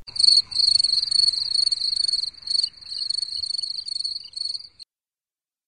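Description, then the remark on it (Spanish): A cricket chirps in a steady, high-pitched pulsing trill with a few brief breaks, then falls silent near the end. “Stop, Grillo Time.”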